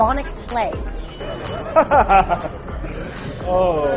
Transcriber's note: laughter